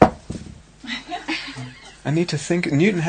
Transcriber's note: laughter